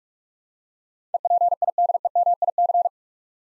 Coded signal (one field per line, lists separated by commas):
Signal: Morse code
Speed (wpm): 47 wpm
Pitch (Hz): 700 Hz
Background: none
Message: EPIDEMIC